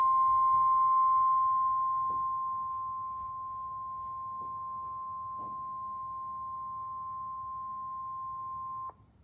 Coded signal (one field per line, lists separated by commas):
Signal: Emergency Alert System (SAME) tones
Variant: 1050 Hz attention tone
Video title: EAS #2,011 Online NOAA Weather Radio Severe T’storm Warning #5 6/2/25